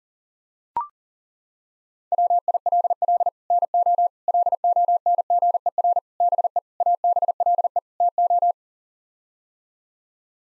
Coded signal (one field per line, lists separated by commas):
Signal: Morse code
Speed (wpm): 40 wpm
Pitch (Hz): 700 Hz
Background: none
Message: WILL NO LONGER BE ABLE TO